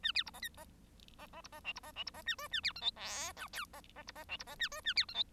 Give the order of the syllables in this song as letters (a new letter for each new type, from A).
A B C D E D D D C D F C D F C D A G A B H I J K L D D C D F C D A G A B H I